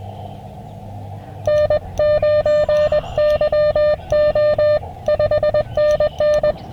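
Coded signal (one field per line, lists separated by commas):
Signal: Morse code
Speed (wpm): 22 wpm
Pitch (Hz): 600 Hz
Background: music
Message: N9YO 5NN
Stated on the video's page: Portable camping field station using Packtenna end-fed and Chameleon MPAS whip antennas for NVIS.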